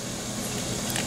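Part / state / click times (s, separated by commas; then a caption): folding saw blade into its handle lock / seated / 1.0 s. A plastic Shine Hai folding camping saw is opened against a steady background hiss, and its blade locks into the handle with a short click at 0.96 s. The blade is seated and locked in place.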